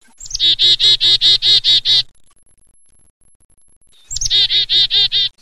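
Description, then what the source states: Black-capped chickadee giving its chick-a-dee call twice: a sharp high opening note followed by a rapid run of about seven buzzy, harmonic dee notes, then a pause and a repeat. Night flight call.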